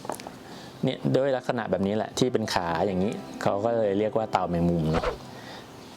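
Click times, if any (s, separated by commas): 0.1 s, 0.2 s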